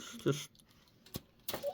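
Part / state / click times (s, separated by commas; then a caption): snap-fit plastic part into a model kit upper body / seated / 1.5 s. A snap-fit plastic part of a model robot kit is pressed into the kit's upper body while someone talks, and it snaps cleanly into place with a sharp click at 1.5 s. The part is seated.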